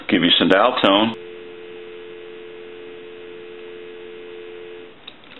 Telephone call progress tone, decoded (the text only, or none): dial tone